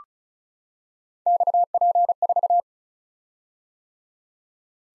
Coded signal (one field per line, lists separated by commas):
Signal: Morse code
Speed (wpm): 36 wpm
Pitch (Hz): 700 Hz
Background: none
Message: XP4